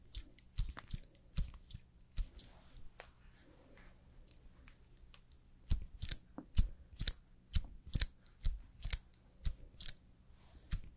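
Makeup and hair styling, heard as a run of sharp clicks and snips, like scissors or small tools. The taps come sparse and uneven at first, then after about five seconds settle into a steadier, louder rhythm roughly twice a second, over a low steady hum.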